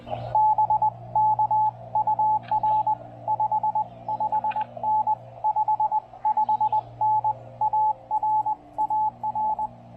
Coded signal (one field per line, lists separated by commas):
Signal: Morse code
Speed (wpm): 20 wpm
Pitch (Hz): 860 Hz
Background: radio noise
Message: BK UR 55N 55N AR AR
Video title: POTA: Reunited with the venerable Elecraft K1 at Hawk's Nest State Park!